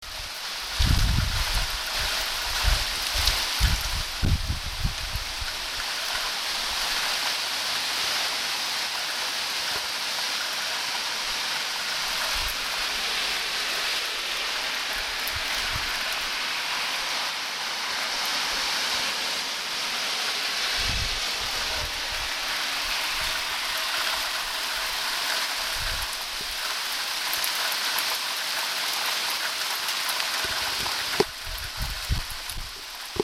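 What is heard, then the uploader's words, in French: Winter rain falls steadily, a dense even hiss that stays bright and constant throughout. Low thumps and rumbles come and go, especially in the first five seconds and around 21 and 32 seconds, like heavier drips or wind buffeting. Pluie d'hiver en Bretagne.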